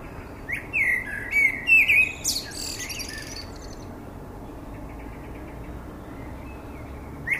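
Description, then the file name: Common blackbird singing a rich, mellow warbled phrase with several fluty notes, then a high scratchy twitter, followed by a few seconds of quiet. "Turdus merula"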